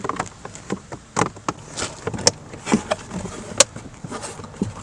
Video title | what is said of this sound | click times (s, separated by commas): 2018-2022 Honda Accord LX Cabin Air Filter Replacement | Clicks in place, | 2.3 s, 3.6 s